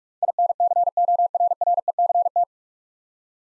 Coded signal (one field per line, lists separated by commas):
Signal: Morse code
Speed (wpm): 44 wpm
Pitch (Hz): 700 Hz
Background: none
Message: INCORRECT